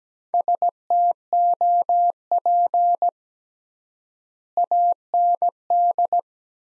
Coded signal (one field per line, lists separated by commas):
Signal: Morse code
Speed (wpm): 17 wpm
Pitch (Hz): 700 Hz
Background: none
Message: STOP AND